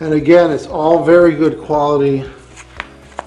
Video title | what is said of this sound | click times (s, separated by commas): Axbima Reusable FDA Grade PEVA Freezer Safe Food Storage Bags - 8 PACK Easy Close Zip lock REVIEW | materials and it's just locks in place | 2.8 s, 3.2 s